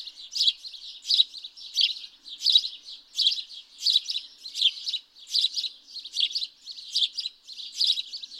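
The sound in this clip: House sparrow chirping, a steady run of short, harsh notes repeated well over once a second.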